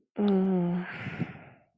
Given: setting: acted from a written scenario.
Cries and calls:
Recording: vocal sound without words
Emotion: guilt

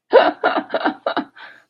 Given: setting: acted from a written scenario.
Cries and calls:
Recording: vocal sound without words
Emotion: amusement

